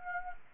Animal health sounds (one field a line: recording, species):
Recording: mosquito wingbeat signal from an infrared sensor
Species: Anopheles arabiensis